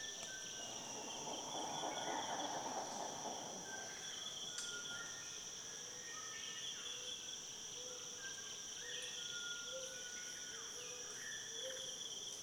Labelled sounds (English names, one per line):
Pale-breasted Illadopsis